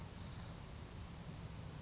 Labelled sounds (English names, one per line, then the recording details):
California Towhee
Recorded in Sonoma County, California